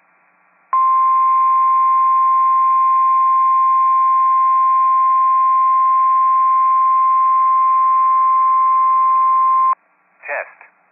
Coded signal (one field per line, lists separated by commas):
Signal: Emergency Alert System (SAME) tones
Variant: 1050 Hz attention tone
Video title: EAS Mini-Compilation 2022 Illinois/Kentucky Statewide Tornado Drills NOAA Weather Radio